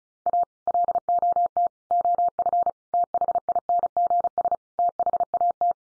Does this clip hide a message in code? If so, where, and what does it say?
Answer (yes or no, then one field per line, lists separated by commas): yes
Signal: Morse code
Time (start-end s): 0.3-5.7 s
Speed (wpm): 34 wpm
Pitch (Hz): 700 Hz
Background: none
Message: A LOT OF THINGS THAT